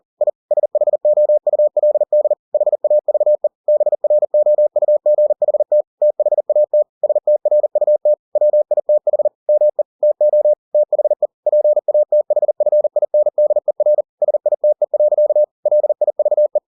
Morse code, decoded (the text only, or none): I SHOULD HAVE BROUGHT THAT STRUT WITH ME TO THE PATHFINDER SITE. LIVE